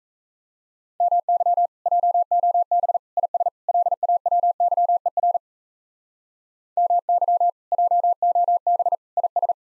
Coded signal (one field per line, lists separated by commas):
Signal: Morse code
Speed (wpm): 35 wpm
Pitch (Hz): 700 Hz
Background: none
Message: MY JOB IS LAWYER MY JOB IS